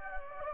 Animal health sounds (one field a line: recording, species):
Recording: mosquito wingbeat signal from an infrared sensor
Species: Anopheles gambiae